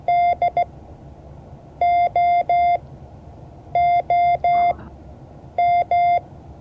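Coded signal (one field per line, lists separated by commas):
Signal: Morse code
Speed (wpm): 16 wpm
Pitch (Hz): 700 Hz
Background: none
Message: DOOM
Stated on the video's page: Morse code class.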